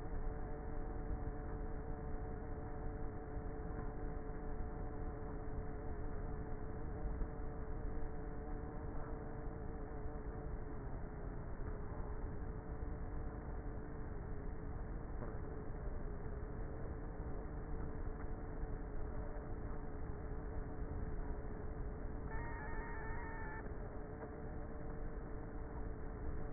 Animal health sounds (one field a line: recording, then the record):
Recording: honeybee colony, microphone inside the hive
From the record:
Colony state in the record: queenless with a low population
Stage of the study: before two queens were removed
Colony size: about 30,000 bees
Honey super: no